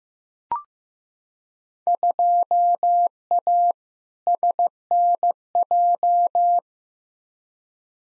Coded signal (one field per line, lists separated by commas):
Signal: Morse code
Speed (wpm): 16 wpm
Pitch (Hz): 700 Hz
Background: none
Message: 2A SNJ